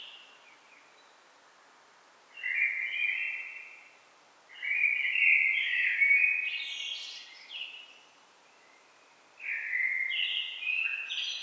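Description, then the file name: Common blackbird singing several rich, fluted phrases with high twittering ends, separated by short pauses. "Turdus merula"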